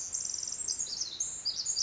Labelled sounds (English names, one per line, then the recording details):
Pacific Wren
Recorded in Sonoma County, California